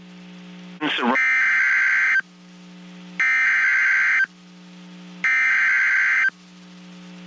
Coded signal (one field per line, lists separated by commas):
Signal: Emergency Alert System (SAME) tones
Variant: header bursts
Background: speech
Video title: Severe Weather Alerts for Central Texas (EAS 1355-1359)